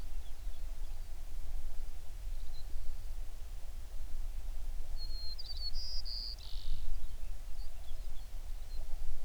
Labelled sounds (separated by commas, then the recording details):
songbird
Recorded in the Prudhoe Bay oil fields, Alaska, on 11 June 2019 at 04:53
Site 21